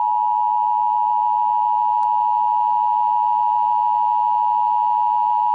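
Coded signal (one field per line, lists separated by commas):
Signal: Emergency Alert System (SAME) tones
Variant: 853 and 960 Hz attention tone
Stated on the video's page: Simulated EAS scenario tones for a fictional zombie event.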